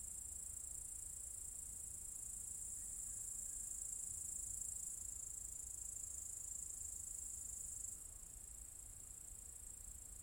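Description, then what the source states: Cicada chorus of continuous high-pitched buzzing, fairly steady, then dropping noticeably in loudness near the end, over a soft low background rumble. Several cicadas in an apple tree orchard at Zalensų Sodybos, Lithuania, on 23 August 2015.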